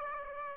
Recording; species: mosquito wingbeat signal from an infrared sensor; Aedes aegypti